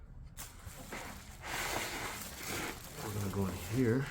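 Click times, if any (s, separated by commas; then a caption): none. Someone talks while handling a Lexus IS300 HID auto-leveling component, lining up its holes with a new headlight housing before snapping it in. Soft rustling and scraping handling noise is heard under the talking. Nothing has seated or clicked yet.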